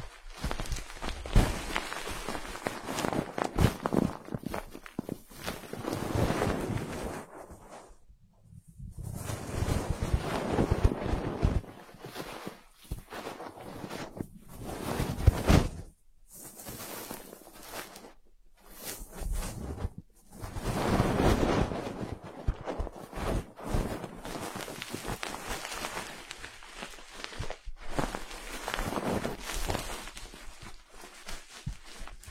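Ear massage: soft rubbing and brushing sounds come in uneven swells, each stroke a hiss with a muffled low thump underneath. Brief silences break the rhythm near 8, 16, 19 and 28 seconds before the rubbing resumes at similar strength.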